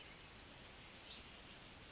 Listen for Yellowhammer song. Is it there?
no